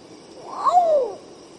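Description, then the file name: Long-tailed potoo song, a single mellow whistle that briefly rises then slides down in a drawn-out falling slur. "canto do urutau pardo"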